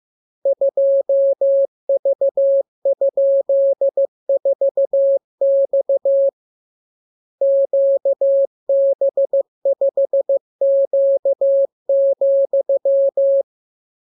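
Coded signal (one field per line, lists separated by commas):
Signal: Morse code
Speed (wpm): 15 wpm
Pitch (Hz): 550 Hz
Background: none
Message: 2V?4X QB5Q,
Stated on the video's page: Morse lesson 40 of 42: practice radiogram opening with VVV and section sign, closing with AR, covering letters, numbers, punctuation and Q-code.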